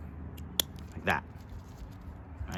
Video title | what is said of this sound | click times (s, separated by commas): How to rebuild Mercedes E55 AMG W211 Front Brembo brake caliper | right make sure it snaps into place and you're going to peel it back | 0.6 s